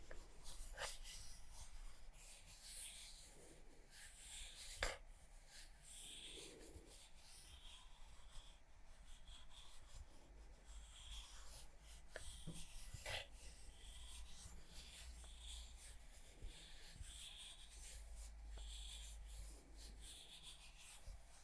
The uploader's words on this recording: ASMR Makeup Triggers For Sleep Tapping, Scratching, etc (No Talking).